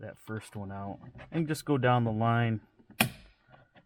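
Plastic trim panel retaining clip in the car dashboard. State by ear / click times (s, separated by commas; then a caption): released / 3.0 s. A plastic pry tool is worked along a dashboard trim panel by the open glove box of a Mazda, and the panel's first plastic retaining clip pops out of the dash. Someone talks, then a sharp snap at 3.0 s marks the clip releasing.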